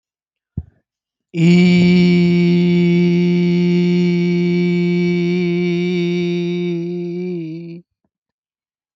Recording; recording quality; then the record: sustained vowel as in beet; excellent, no background noise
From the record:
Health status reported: healthy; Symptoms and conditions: cough, hypertension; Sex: male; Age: 39 years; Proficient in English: yes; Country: India